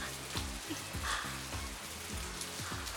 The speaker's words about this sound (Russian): Отводит ладонь в сторону под капли. Медленно опускает зонт назад, поднимает лицо к дождю.